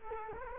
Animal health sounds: mosquito wingbeat signal from an infrared sensor; Culex quinquefasciatus

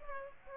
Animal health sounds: mosquito wingbeat signal from an infrared sensor; Aedes aegypti

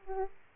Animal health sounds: mosquito wingbeat signal from an infrared sensor; Aedes aegypti

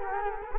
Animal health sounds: mosquito wingbeat signal from an infrared sensor; Culex quinquefasciatus

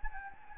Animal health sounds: mosquito wingbeat signal from an infrared sensor; Anopheles gambiae

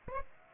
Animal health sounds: mosquito wingbeat signal from an infrared sensor; Aedes aegypti

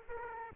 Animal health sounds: mosquito wingbeat signal from an infrared sensor; Aedes aegypti

